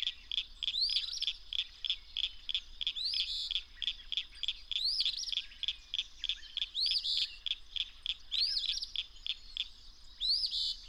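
Bird song in a bright, busy stream of quick chirps and upward-sweeping notes, phrases returning every few seconds above constant high twittering.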